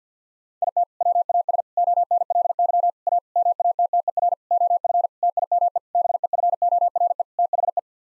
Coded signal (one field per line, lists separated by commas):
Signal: Morse code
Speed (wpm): 50 wpm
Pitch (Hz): 700 Hz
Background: none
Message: IT WAS ONLY A MATTER OF TIME BEFORE THE